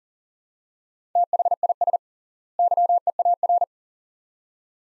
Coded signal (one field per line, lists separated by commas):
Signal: Morse code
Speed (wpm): 40 wpm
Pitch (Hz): 700 Hz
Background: none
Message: THIS YEAR